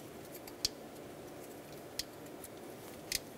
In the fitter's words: push until you hear a click